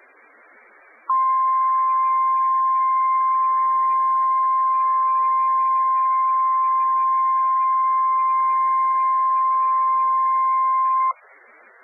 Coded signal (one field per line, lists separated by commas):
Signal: Emergency Alert System (SAME) tones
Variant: 1050 Hz attention tone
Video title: Special Marine Warning for Jupiter Inlet and Flagler Beach (EAS #6)